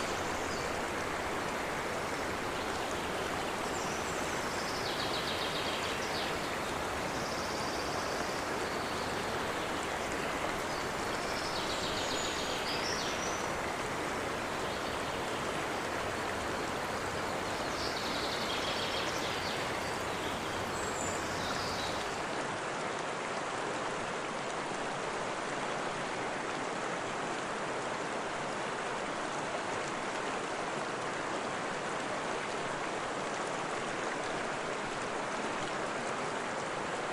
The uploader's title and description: River Sounds & Singing Birds In The Most Picturesque Forest. The soothing sounds of water flowing, trickling and babbling and the songs of the diverse bird species that inhabit the area